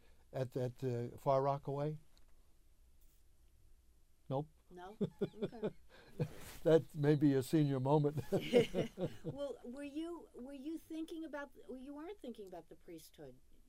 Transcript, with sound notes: At that Far Rockaway? Nope.
No? [laughs] Okay.
That's maybe a senior moment. [laughter]
Well, were you — were you thinking about — well, you weren't thinking about the priesthood.